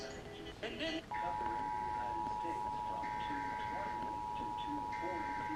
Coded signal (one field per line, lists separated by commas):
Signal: Emergency Alert System (SAME) tones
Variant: 853 and 960 Hz attention tone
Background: speech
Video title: 2023 National EAS Test